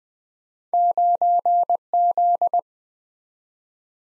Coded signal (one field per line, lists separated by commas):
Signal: Morse code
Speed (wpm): 22 wpm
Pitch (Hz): 700 Hz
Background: none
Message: 9Z